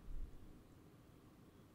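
On a 2012 Chevy Sonic, the plastic cabin air filter housing cover is swung closed and lined up over the new PC6154 filter behind the glove box, making a brief low rumble of handling noise in the first 0.3 seconds. A quiet, steady hiss follows. The cover has not yet clicked shut.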